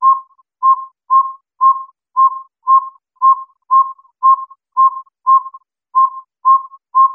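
Northern saw-whet owl tooting: a steady series of short, mellow, even-pitched whistled toots, about two per second, with nothing else heard.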